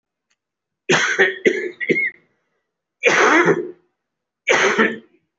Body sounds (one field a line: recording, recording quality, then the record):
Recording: heavy voluntary cough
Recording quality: excellent, no background noise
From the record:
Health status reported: recovered from COVID-19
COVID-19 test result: positive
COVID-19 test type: RT-PCR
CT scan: taken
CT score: 5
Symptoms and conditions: cough, chronic lung disease, pneumonia, diabetes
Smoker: no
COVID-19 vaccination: none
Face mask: worn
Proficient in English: no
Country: India